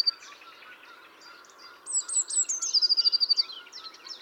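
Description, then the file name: Eurasian blue tit song: after a stretch of mixed soft chirps, one phrase of thin high notes drops into a quick, evenly spaced trill. "Cyanistes caeruleus"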